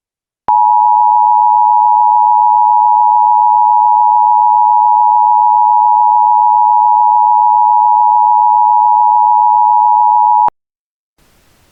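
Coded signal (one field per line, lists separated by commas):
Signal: Emergency Alert System (SAME) tones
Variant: 853 and 960 Hz attention tone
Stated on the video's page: Mock EAS alert.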